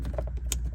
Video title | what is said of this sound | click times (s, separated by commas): Gas Golf Cart BATTERY troubleshootung dead Again?? Test the Voltage Regulator First | You know, you heard that snap? | 0.5 s